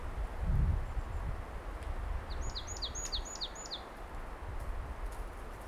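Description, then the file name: Marsh tit calls: a quick run of about six thin, high, downslurred notes in under two seconds over a steady low rumble. "Poecile palustris"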